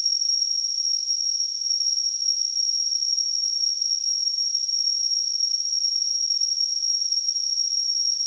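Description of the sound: Simulated tinnitus: a steady, high-pitched tone near 6 kHz with a faint surrounding hiss, unchanging in pitch and loudness throughout.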